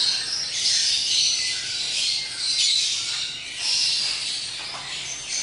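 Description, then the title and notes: Lovebird song, a steady stream of shrill rapid chattering with soft pulses of louder squeaks. Lovebird in extended ngekek song style, used as a bait song (kicau pancingan) to prompt other lovebirds to sing. "Master Kicau Lovebird ngekek, kicau pancingan"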